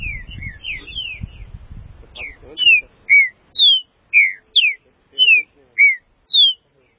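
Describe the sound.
Green-winged saltator song, a series of clear, sweet whistled notes, several falling, about twice a second, with low rumbling noise at the start.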